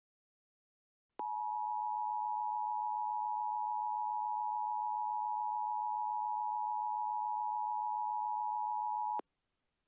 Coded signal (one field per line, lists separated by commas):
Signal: Emergency Alert System (SAME) tones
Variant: 853 and 960 Hz attention tone